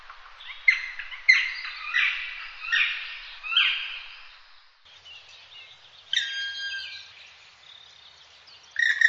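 Bird calls: a series of harsh, buzzy squawks, followed by a few clearer tones and a final burst of rasping calls.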